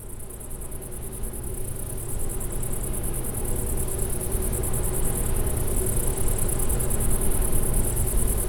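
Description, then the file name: Bush-cricket singing a high pulsed buzz that grows steadier and stronger, with a low rumbling hum filling the background. Recorded near a wind energy plant at Klein Leine, 20 August 2016, 22:24 h. "wind-energy-plant gbushcrick-SEV-AV 2224 h d bb klein-leine"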